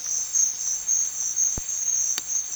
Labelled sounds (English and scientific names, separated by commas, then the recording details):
none
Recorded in secondary vegetation near Puerto Asís, Putumayo, Colombia, on 9 March 2025 at 14:00
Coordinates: 0.499, -76.323
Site G094